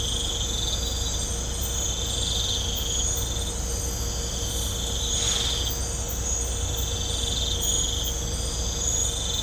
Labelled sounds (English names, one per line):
none